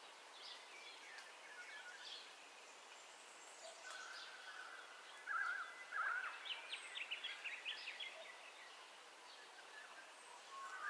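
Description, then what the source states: Birds calling at dawn, a chorus of chirps with a couple of loud quick trilled phrases midway and high twittering notes after, over background hiss. Dawn ambience with birdcalls, recorded in stereo.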